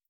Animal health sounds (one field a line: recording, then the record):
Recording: hydrophone in a shrimp aquaculture tank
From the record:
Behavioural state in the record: feeding